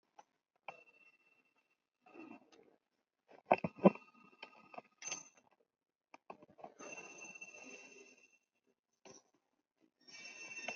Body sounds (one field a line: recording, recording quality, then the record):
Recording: deep breathing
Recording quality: excellent, no background noise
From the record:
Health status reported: COVID-19 positive, moderate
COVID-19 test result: positive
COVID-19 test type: RT-PCR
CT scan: taken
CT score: 11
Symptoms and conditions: cough, cold, breathing difficulty, sore throat, loss of smell and taste, diarrhoea, hypertension, diabetes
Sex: male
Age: 77 years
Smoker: no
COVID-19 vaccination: both doses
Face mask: worn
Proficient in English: yes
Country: India